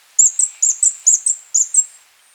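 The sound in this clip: Fire-breasted Flowerpecker song: eight very high, thin, sharp notes in quick paired bursts, slightly uneven, lasting about two seconds, with a faint tail tone.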